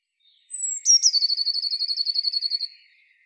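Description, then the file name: Eurasian blue tit: a high, falling, thin note and two sharp clicks, then a long, rapid, slightly falling trill of many notes. "Cyanistes caeruleus"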